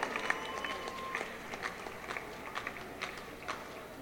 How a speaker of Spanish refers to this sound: Fuerte el aplauso para ….